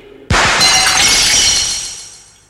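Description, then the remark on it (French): A sudden sharp gunshot bursts into loud shattering glass as the shot breaks a pane of glass, the bright crash of breaking shards ringing and tinkling for about two seconds before fading out. “Vous n'avez réussi qu'à casser la glace.”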